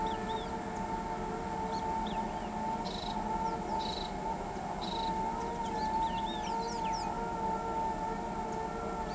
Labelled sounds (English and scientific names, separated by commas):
Great Kiskadee (Pitangus sulphuratus), Boat-billed Flycatcher (Megarynchus pitangua), Blue-gray Tanager (Thraupis episcopus)